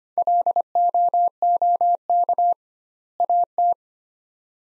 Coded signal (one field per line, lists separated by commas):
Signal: Morse code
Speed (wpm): 25 wpm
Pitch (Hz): 700 Hz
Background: none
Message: LOOK AT